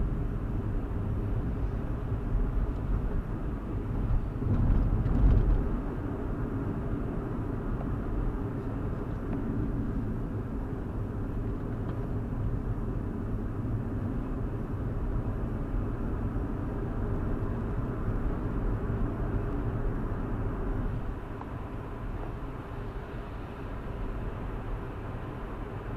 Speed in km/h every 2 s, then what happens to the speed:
61, 61, 61, 58, 53, 50, 50, 56, 63, 66, 71, 74, 77.
4-12 slows to 50. 12-26 speeds up to 77.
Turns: none.